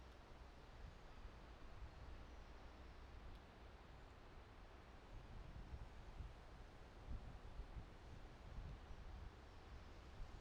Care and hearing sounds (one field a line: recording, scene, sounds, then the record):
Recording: everyday scene through a hearing-aid microphone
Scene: wind on the microphone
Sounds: gentle breeze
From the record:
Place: parking lot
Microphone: in the ear canal, right